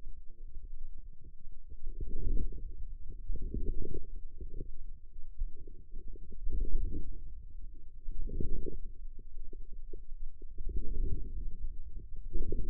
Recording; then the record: forearm muscle sounds (acoustic myography)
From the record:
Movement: inward rotation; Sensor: system 2, bracelet of six BSWA MPA416 microphones around the upper forearm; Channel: 5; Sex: female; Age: 21 years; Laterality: right